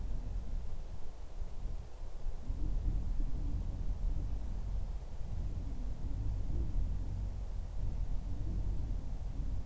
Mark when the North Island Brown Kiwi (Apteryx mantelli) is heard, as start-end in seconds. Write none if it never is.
none